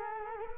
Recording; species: mosquito wingbeat signal from an infrared sensor; Culex quinquefasciatus